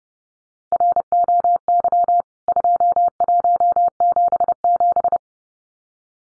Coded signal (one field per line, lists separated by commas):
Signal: Morse code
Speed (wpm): 30 wpm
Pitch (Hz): 700 Hz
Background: none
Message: ROY 2177